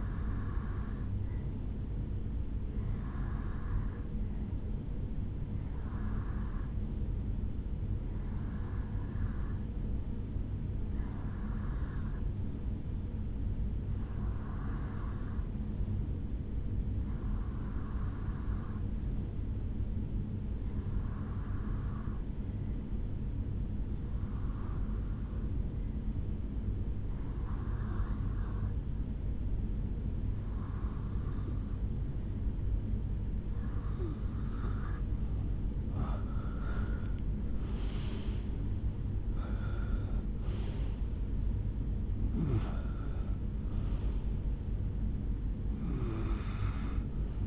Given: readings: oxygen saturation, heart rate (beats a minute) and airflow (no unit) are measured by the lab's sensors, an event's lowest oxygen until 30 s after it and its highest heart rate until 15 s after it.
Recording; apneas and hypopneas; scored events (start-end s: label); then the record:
breathing in sleep by a smartphone at the bedside; 1
21.00-40.10 s: hypopnea (REM, oxygen 88% highest, then 86% lowest, heart rate 74 at the start, 84 highest)
From the record:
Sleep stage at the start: REM sleep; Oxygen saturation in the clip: 87 to 88%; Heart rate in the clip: 70 to 84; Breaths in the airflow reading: 14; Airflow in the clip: -13.4 to 8.1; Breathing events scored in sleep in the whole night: 449 in 7.0 hours asleep